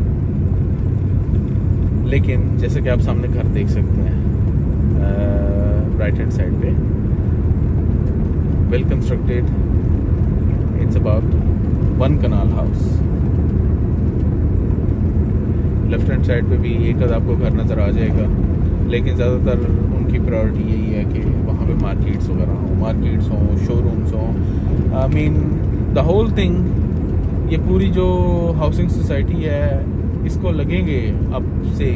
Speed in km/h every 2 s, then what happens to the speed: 21, 23, 24, 24, 25, 25, 25, 26, 26, 27, 27, 26, 26, 26, 26, 26.
0-32 steady at about 26.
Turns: none.